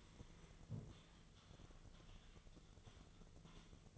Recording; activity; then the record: daily activity, microphone in the room; typing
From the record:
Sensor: 4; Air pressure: 1001.0 hPa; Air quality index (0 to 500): 141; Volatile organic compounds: 2 ppm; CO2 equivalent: 1041 ppm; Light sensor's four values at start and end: 27/65/27/28 and 27/65/27/28